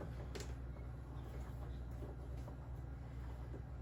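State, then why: Not seated. A mounting screw is driven into an Amazon Basics keypad deadbolt assembly, but it will not thread in properly and seems to be cross-threading. A steady low hum runs throughout, with a few faint scrapes and ticks. Nothing has seated or clicked yet.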